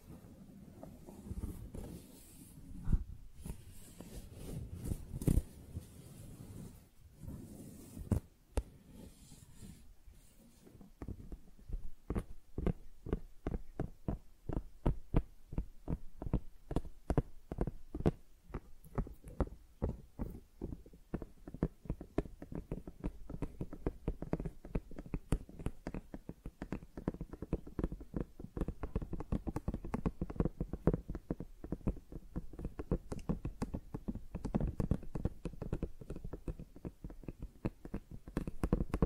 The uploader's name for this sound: Tingly Flower Sounds